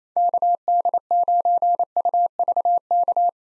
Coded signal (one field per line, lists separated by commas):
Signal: Morse code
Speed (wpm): 28 wpm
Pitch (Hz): 700 Hz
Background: none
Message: KD9UVK